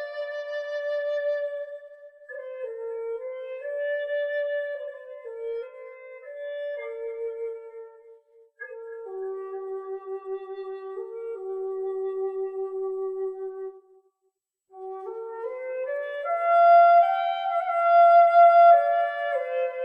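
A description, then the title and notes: A wooden flute plays a slow melody of held, mid-pitched notes that step gently up and down, each carrying soft overtones above it. A short breath-like gap falls near eight seconds, then a full pause around fourteen before a higher, louder phrase resumes. Peaceful, Soothing Wooden Flute for Relaxation and Meditation.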